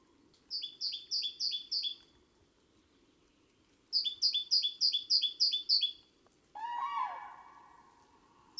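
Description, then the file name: Great tit giving two bursts of quick two-note phrases, high note then lower, followed by a harsh, buzzy rasping call. "Parus major"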